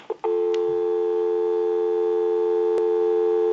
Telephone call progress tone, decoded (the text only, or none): dial tone